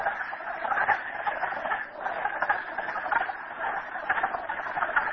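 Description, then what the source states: Frog chorus of many overlapping calls, a steady churning mass of rattling clucks. Frogs recorded at Merryspring.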